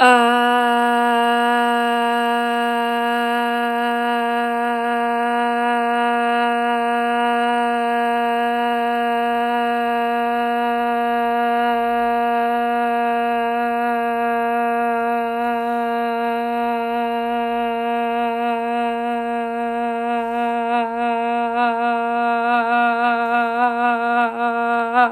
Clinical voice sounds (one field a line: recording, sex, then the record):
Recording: sustained vowel /a/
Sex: female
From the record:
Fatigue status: fatigue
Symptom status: symptomatic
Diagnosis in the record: COVID-19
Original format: m4a